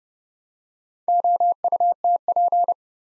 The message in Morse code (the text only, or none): OUTP